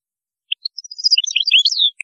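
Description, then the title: European goldfinch song: one brief phrase of quick high twittering notes ending with a falling slur. "Chant Chardonneret"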